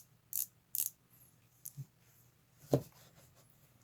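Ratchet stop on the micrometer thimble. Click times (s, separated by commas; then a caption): 0.4 s, 0.8 s, 1.7 s, 2.7 s. The ratchet stop on the thimble of a metric micrometer is turned until the spindle closes, then it slips and clicks at its set force so the part is not over-tightened. Sharp, bright clicks are heard at 0.4, 0.8, 1.7 and 2.7 seconds, with the last one fuller and lower. No one talks.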